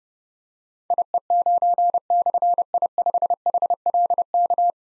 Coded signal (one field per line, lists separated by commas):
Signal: Morse code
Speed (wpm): 30 wpm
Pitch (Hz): 700 Hz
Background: none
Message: IE9/I5HLK